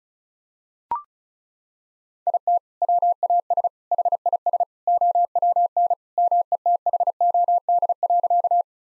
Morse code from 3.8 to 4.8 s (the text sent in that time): HIS